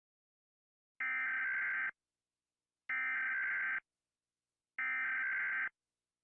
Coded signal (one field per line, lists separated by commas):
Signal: Emergency Alert System (SAME) tones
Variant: header bursts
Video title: (tailsy-boi64 FLIPACLIP) EAS alarms animated uhh